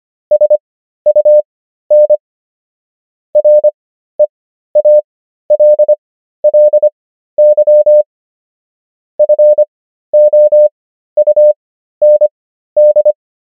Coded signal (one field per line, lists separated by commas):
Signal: Morse code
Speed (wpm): 25 wpm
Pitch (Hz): 600 Hz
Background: none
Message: SUN REALLY FOUND